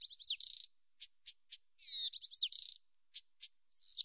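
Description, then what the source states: Blyth's reed warbler in fast song: tangled descending whistles and buzzy trills broken by short clicks, phrases repeating within a few seconds. Nominate subspecies, Acrocephalus dumetorum dumetorum.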